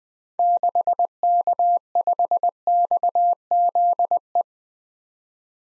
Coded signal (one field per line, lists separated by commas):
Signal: Morse code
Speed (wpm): 20 wpm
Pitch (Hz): 700 Hz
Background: none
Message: 6K5XZE